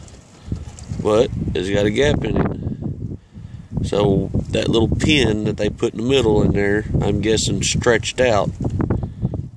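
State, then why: Partly seated. The deployed blades of a used mechanical arrow broadhead are moved and snap back toward the flat closed position in the broadhead body, with sharp clicks at 8.8 s and 8.9 s while someone talks. Neither blade returns all the way closed, because the rubber band is too weak to pull them back.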